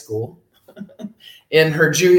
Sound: chuckles